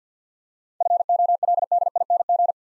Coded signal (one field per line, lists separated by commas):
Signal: Morse code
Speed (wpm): 50 wpm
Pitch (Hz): 700 Hz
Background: none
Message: FOLDING